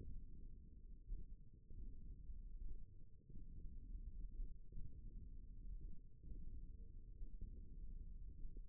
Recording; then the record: forearm muscle sounds (acoustic myography)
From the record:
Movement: hand opening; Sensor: system 1, eight BSWA MPA416 microphones around the upper forearm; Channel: 1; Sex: female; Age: 21 years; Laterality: right